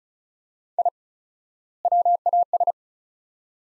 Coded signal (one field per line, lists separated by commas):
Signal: Morse code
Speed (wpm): 36 wpm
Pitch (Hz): 700 Hz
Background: none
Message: I WAS